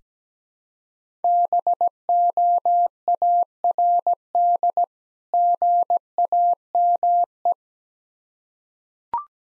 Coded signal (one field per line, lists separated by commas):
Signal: Morse code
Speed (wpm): 17 wpm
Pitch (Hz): 700 Hz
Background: none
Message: BOARD GAME